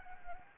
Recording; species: mosquito wingbeat signal from an infrared sensor; Anopheles arabiensis